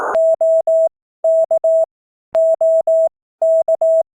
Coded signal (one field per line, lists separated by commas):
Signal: Morse code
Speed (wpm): 18 wpm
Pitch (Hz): 650 Hz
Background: none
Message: OK OK